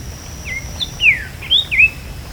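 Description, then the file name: Bird calls: several quick whistled notes, sharp slurs dropping and rising, over a steady thin high tone and soft low background rumble. "SABIOD bird 2015"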